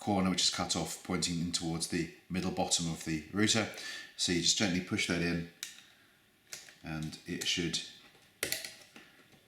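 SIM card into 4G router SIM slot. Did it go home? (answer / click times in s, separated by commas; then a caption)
yes / 8.4 s. A SIM card is pushed gently into the spring-loaded SIM slot of a 4G router, with its gold contacts facing up and the cut-off corner pointing in toward the middle bottom of the router. Someone talks through most of the clip. The card clicks into place with a sharp click at 8.4 s, followed by a few small ticks.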